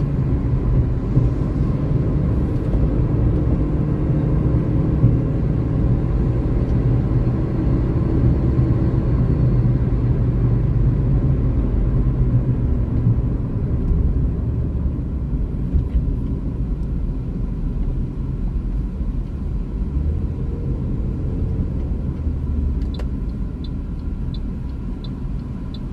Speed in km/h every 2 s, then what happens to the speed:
110, 115, 119, 123, 118, 96, 64, 43, 35, 34, 40, 25, 19.
0-7 speeds up to 123. 7-17 brakes to 34. 20-23 brakes to 19.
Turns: none.